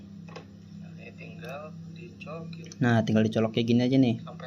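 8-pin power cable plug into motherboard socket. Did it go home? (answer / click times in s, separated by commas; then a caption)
no / none. An 8-pin power cable plug is handled at its motherboard socket while someone talks, with faint small ticks and rustles under a steady low hum. The plug has not seated or clicked into the socket yet.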